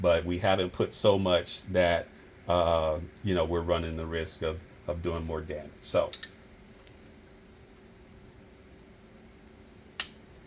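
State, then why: Torque reached. Someone talks while tightening the thermostat housing bolts on a Mercedes-Benz GLK350 (X204) M272 engine with a click-type torque wrench, setting enough pressure on the gasket to keep it from leaking without causing damage. The talking stops around 6.3 s, leaving a quiet stretch with a faint tick near 6.9 s. A single sharp click at 10.0 s is the wrench breaking over at its torque setting, confirming the bolt is tightened.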